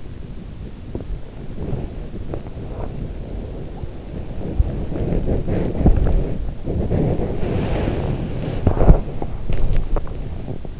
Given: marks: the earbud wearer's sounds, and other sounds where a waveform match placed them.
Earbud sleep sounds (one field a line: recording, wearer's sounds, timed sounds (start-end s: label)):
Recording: sounds in sleep by an in-ear microphone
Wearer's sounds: body movement, teeth grinding, swallowing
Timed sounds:
0.20-10.64 s: body movement
8.42-9.21 s: teeth grinding
9.81-10.80 s: swallowing